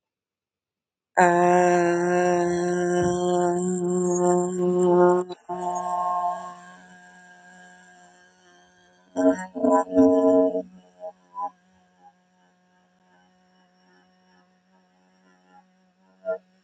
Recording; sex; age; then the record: vowel held as long as possible; female; 30 to 39 years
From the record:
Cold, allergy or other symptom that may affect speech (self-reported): no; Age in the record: 33 years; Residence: Pennsylvania, United States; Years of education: 13